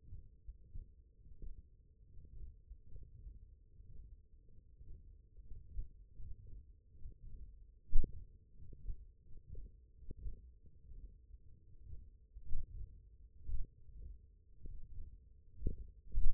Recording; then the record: forearm muscle sounds (acoustic myography)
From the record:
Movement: hand closing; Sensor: system 1, eight BSWA MPA416 microphones around the upper forearm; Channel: 5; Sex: male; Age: 23 years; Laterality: right